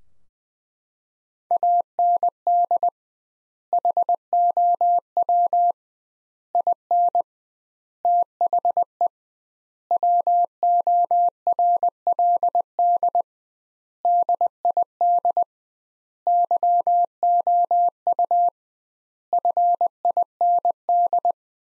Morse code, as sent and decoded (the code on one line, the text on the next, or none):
.- -. -.. / .... --- .-- / .. -. / - .... . / .-- --- .-. .-.. -.. / -.. .. -.. / -.-- --- ..- / ..-. .. -. -..
AND HOW IN THE WORLD DID YOU FIND